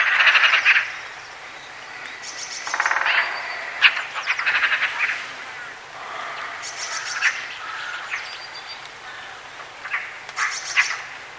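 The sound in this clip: White-tailed eagle calls in short bursts of harsh, yelping notes, several separate volleys spread throughout with brief quiet gaps between them.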